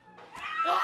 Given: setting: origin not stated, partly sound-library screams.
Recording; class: one-second piece from a danger detection set; woman in danger